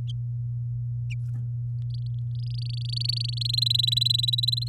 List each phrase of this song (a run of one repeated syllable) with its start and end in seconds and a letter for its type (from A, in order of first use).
1.90-3.47 A, 3.49-4.68 B